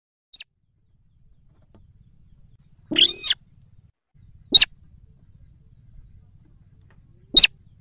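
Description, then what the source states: Yellow-vented Bulbul calls: a short harsh harmonic note, then two sharp clicking chips spaced a few seconds apart, with a faint tick at the start and quiet background. Lure recording for trapping birds.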